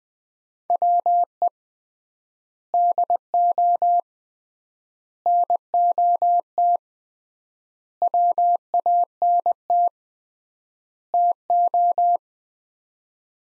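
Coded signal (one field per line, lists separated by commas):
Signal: Morse code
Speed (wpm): 21 wpm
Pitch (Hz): 700 Hz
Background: none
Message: WE DO NOT WANT TO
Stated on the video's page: Morse code practice of five-word sets at 20 wpm with 3x word spacing (Farnsworth-like), each set sent, spoken, then sent again.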